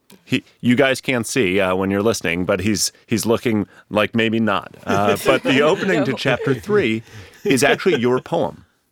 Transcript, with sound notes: He— you guys can’t see when you’re listening, but he’s looking like “maybe not.” (laughter)
(laughs) No.
But the opening to chapter three is actually your poem